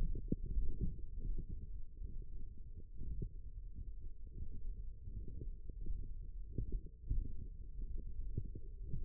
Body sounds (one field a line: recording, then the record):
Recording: forearm muscle sounds (acoustic myography)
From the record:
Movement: thumb flexion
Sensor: system 1, eight BSWA MPA416 microphones around the upper forearm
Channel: 3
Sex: male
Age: 23 years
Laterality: right